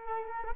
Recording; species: mosquito wingbeat signal from an infrared sensor; Culex quinquefasciatus